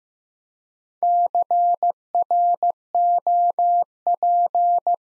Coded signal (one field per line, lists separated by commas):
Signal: Morse code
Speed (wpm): 15 wpm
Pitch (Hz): 700 Hz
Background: none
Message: CROP